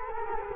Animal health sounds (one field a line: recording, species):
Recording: mosquito wingbeat signal from an infrared sensor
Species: Culex quinquefasciatus